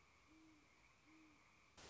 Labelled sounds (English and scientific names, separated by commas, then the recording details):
Great Horned Owl (Bubo virginianus)
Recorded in Sonoma County, California